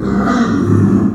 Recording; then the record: squeal of a Yucatan mini pig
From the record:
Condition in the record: after surgery on the right vocal fold (resection and tissue-engineered implant); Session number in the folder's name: 7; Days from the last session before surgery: 47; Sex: female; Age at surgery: 19 weeks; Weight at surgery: 25 kg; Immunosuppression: prednisolone